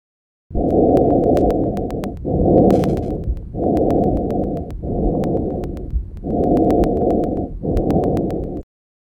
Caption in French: Entendu au niveau de la portion extrathoracique de la trachée. Il est intense de haute tonalité et entendu aux deux temps. Écoutez encore le bruit trachéal normal.